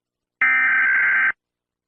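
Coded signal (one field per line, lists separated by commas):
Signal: Emergency Alert System (SAME) tones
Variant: header bursts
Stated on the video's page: EAS alarms being rated.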